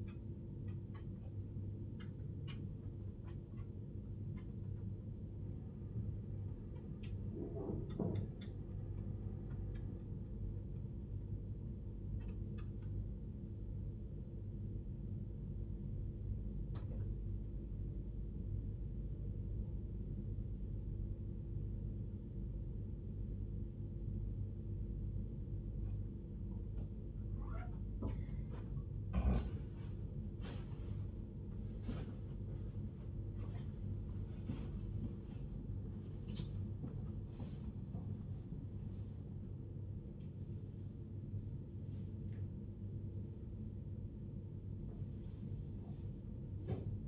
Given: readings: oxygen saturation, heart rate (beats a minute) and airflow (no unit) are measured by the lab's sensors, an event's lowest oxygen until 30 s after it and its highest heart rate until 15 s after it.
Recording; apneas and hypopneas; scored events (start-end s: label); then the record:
a person awake in a sleep study, by a smartphone at the bedside; none
0.00-47.08 s: awake
From the record:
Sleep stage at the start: awake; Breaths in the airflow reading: 15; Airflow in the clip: -0.6 to 0.6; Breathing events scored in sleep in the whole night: 101 in 7.3 hours asleep